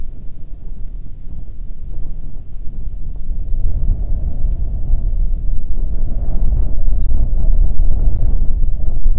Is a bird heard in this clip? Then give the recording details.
yes. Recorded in the Arctic National Wildlife Refuge, Alaska, on 1 June 2019 at 16:37. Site 37